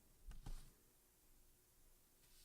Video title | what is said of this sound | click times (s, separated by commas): Marvel Legends Avengers Infinity War: Proxima Midnight Review | if you want to put it on you can only put it on her right hand you just slide it in and twist when you hear that snap you're good to go so | 0.3 s